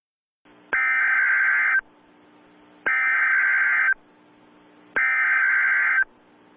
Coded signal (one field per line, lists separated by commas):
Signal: Emergency Alert System (SAME) tones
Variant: header bursts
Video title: A Nuclear Missile EAS: Scenario 1,000 Nukes